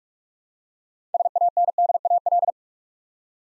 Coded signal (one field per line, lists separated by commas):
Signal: Morse code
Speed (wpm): 44 wpm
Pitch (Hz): 700 Hz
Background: none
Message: SANDAL